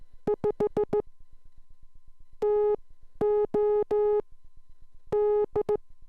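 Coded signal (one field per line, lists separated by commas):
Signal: Morse code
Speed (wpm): 16 wpm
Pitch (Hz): 420 Hz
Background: none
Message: 5 TO D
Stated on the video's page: Morse code class lesson.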